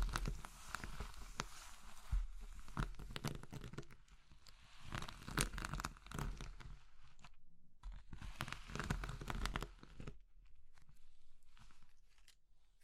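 Crushing soft, brittle material such as soap, chalk or meringue, with dense crackling and crumbling that comes in bursts. Short sharp crunches pile up through the first ten seconds, with brief silent gaps near seconds eight and eleven, then the sound thins and fades.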